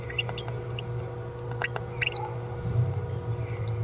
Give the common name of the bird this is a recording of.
Green-rumped Parrotlet